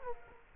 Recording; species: mosquito wingbeat signal from an infrared sensor; Culex quinquefasciatus